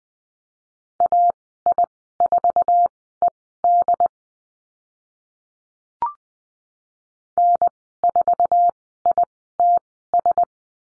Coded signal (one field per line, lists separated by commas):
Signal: Morse code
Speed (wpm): 21 wpm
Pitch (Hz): 700 Hz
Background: none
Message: AI4ED N4ITS